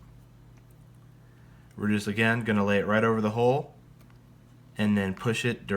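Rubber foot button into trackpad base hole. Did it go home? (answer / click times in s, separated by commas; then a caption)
no / none. Someone talks while the second adhesive rubber foot (button) for an Apple trackpad is peeled and lined up over the hole in the aluminum trackpad base, ready to be pushed down. A brief faint tick is heard around 4.0 s during a pause in the talking. The foot has not been pressed in yet, and nothing has seated or clicked.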